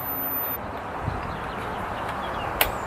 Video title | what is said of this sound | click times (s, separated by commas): Honda pressure washer / Lawn mower wont start after winter | there's the click it's on | 2.6 s